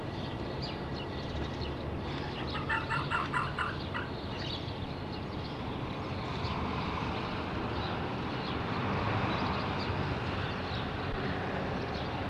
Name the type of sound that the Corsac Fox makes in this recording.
barking